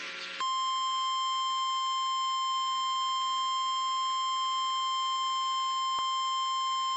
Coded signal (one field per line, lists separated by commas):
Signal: Emergency Alert System (SAME) tones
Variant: 1050 Hz attention tone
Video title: Required Weekly Test [EAS #219]